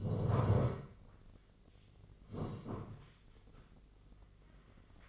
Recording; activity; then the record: daily activity, microphone in the room; sit down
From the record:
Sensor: 4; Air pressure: 1013.1 hPa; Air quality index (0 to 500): 176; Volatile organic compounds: 2 ppm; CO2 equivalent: 1112 ppm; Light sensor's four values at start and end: 49/120/51/54 and 49/120/51/54